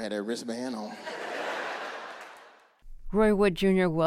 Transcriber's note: laughter